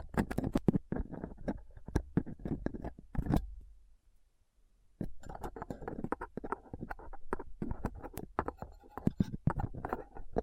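A rough microphone is picked and scraped with dental picks, tweezers and a cotton swab: dense crackling scratches and sharp clicks, pausing around four to five seconds.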